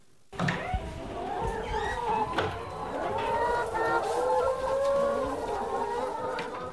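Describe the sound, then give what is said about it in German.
A flock of 120 white-brown feathered hens, crowded into a henhouse on a farm near Kiel, Germany, clucks and murmurs together as the farmer opens the door, a steady, busy chorus of overlapping mid-pitched calls with occasional louder squawks rising above it. “Vorsichtig öffnet Landwirt Jörg Ketelsen die Tür zum Hühnerstall. Eine Herde von 120 weißbraun gefiederten Tieren drängt sich auf engem Raum.”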